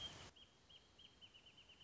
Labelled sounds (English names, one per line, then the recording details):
Wrentit
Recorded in Sonoma County, California